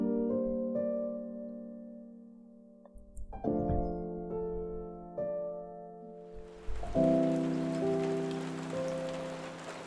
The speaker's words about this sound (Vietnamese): Cơn mưa cuối cùng trút xuống, từng luồng gió mạnh lao vào nhà Lão Hậu. Nước mưa rào rào từ trên tầng không dội xuống